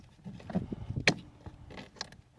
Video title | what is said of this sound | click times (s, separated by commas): Throttle Controller Install | Nice click as he goes in. | 1.1 s